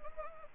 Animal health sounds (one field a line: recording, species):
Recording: mosquito wingbeat signal from an infrared sensor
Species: Anopheles arabiensis